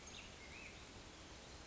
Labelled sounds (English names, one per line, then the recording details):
Black-headed Grosbeak
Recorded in Sonoma County, California